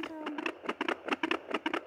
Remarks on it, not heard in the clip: You and your husband bought a Doppler machine so you could hear her heartbeat. Her heart beating.